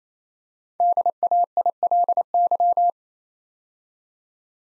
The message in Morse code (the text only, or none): DAILY